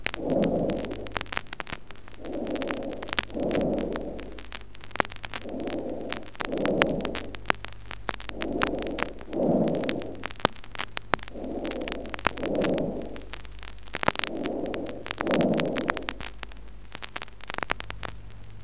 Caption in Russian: Бронхиальное дыхание выслушивается в патологии над воспалительно уплотненной легочной тканью или над полостью. Слышно при вдохе и при выдохе, причем последний значительно длиннее.